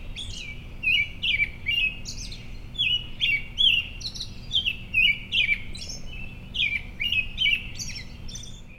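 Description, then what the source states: American robin singing a continuous series of short warbled, whistled phrases with high wispy notes between them, delivered briskly over a quiet low background hum. Predawn, at home in Maryland, 20 May 2012.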